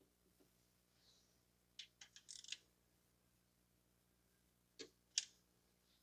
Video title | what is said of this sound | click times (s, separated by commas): 2012 Toyota Corolla 1.8 - Charging System Diagnosis & Alternator Replacement | that's good this is good make sure when you put the connector in it it clicks | 5.2 s